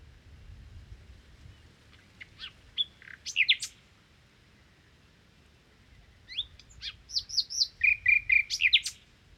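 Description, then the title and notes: Common nightingale song in two brief bursts of mixed chirps and twittering notes, separated by a quiet gap of about two and a half seconds, over a low background hiss. Common nightingale song, 1 May 2019, Crau, Bouches-du-Rhône, France; Nagra Seven recorder with cardioid MKH8040 and omnidirectional MKH8020 microphones, comparing the two. "Crau - Bouches du Rhône. Rossignol philomèle"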